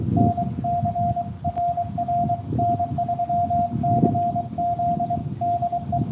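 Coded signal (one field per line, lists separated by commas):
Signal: Morse code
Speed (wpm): 23 wpm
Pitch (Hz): 700 Hz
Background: radio noise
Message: NCRR N3CZ DE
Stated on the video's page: Live POTA park activation in Morse code.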